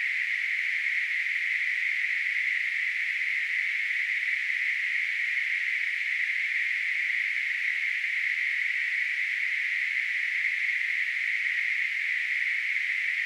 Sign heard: Tinnitus.